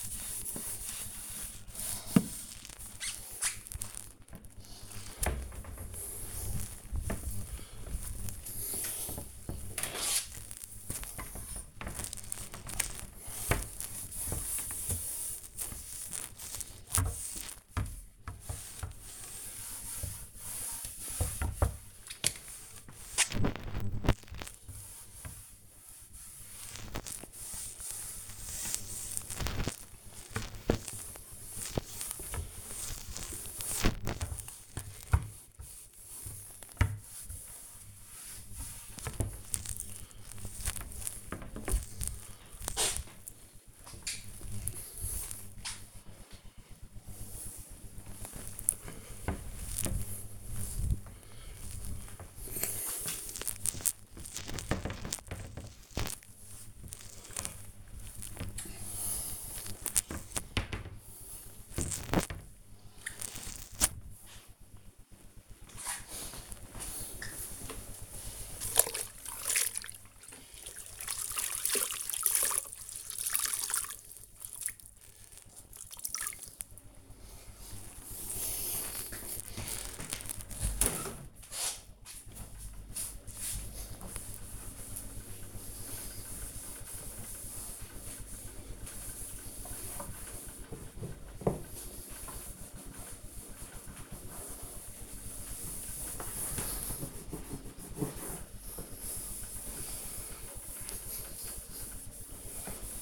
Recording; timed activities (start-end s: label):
household activities, microphone on the right wrist
0.00-1.39 s: cleaning the cupboard
4.42-70.73 s: cleaning the cupboard
96.82-103.02 s: cleaning the door